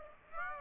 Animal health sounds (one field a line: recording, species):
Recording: mosquito wingbeat signal from an infrared sensor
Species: Aedes aegypti